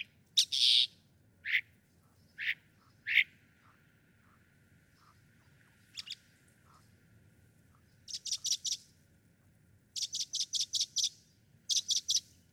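Northern mockingbird song: a few separate notes, then groups of rapid, repeated high chattering notes, over faint low background noise.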